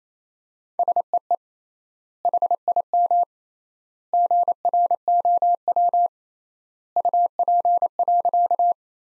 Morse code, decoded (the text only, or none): SEE HIM GROW UP.